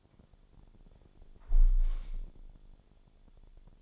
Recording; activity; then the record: daily activity, microphone in the room; close window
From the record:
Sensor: 5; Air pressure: 1000.5 hPa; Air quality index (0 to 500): 151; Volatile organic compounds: 2 ppm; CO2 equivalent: 1157 ppm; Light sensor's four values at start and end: 38/91/38/41 and 38/91/38/41